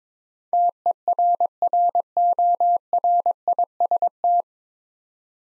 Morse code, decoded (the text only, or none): TERRORIST